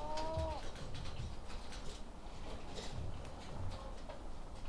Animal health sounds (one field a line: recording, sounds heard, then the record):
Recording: poultry house recording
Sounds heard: sick chickens (respiratory disease)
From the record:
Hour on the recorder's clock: 18